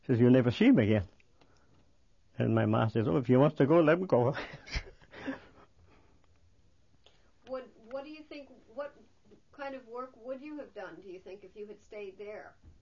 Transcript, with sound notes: She said, "You'll never see him again." Yeah. And my ma said, "Oh, if he wants to go, let him go." (He laughs.)
What do you think, what kind of work would you have done, do you think, if you had stayed there?